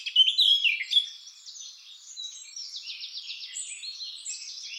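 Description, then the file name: Eurasian blackcap song, a loud rich warble at first, then a quieter run of rapid repeated buzzy notes. "Sylvia atricapilla"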